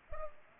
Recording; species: mosquito wingbeat signal from an infrared sensor; Culex pipiens